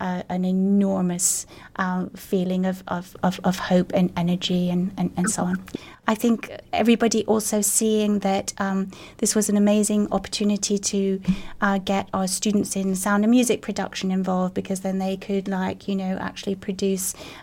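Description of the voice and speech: An adult woman speaks clearly and fluently at a relaxed pace, with brief pauses and a steady, ordinary voice quality.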